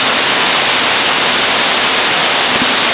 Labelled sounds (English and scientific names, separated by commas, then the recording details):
none
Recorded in dense forest near Puerto Asís, Putumayo, Colombia, on 9 March 2025 at 11:30
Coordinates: 0.481, -76.323
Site G088